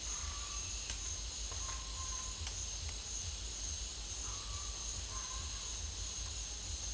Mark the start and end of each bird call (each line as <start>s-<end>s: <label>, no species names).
0.18s-2.43s: bird call
4.16s-5.79s: bird call